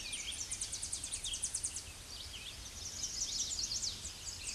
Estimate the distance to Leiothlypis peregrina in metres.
about 25 m